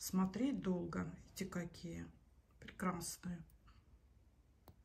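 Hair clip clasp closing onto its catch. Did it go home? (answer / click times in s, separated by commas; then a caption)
yes / 4.7 s. Someone talks, then closes the clasp of a newly received hair clip by hand onto its catch. A short, sharp click sounds at 4.7 s as the clasp snaps shut and seats.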